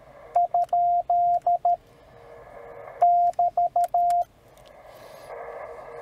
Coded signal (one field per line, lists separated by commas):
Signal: Morse code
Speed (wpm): 13 wpm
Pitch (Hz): 700 Hz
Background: radio noise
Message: ? <BT>